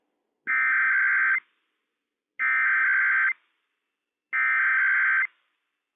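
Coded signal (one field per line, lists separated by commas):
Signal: Emergency Alert System (SAME) tones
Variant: header bursts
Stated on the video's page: Required Weekly Test on weather radio station WWF56, issued by the Washington State EOC for all of Washington State.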